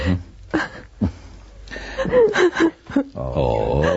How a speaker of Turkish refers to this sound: Ağlama canım. Ağlama karışım.